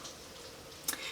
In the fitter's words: Alright, once we're at this stage, you want to press this to the right until it clicks.